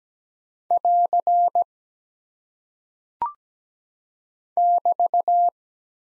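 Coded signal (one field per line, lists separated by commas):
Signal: Morse code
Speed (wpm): 17 wpm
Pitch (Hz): 700 Hz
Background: none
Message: <AR> <BT>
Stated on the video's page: Morse practice drill at 17 wpm of single punctuation and prosign characters, each sent twice.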